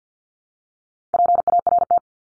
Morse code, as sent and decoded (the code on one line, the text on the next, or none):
.--. .- .-. -
PART